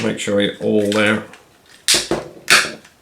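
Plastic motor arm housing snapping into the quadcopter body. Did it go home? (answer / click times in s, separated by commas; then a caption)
yes / 2.1 s, 2.8 s. Someone talks, then the soft plastic motor arm and housing halves of a WLtoys V686G toy quadcopter, fitted with a replacement motor, are pressed together by hand into the body rather than drawn in with screws because the plastic is so soft. Sharp pops sound at 2.1 s and 2.9 s as the arm housing snaps home. It ends seated and solid.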